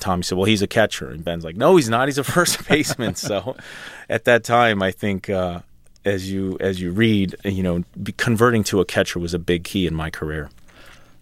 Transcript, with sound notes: And Tommy said well, he's a catcher. And Ben's like no, he's not, he's a first baseman. So...
(LAUGHTER)
At that time I think, as you read, you know, converting to a catcher was a big key in my career.